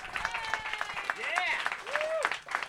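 An audience welcomes the evening's guest, clapping steadily in a dense, continuous wash of applause, with a few rising and falling whistles cutting through the clapping.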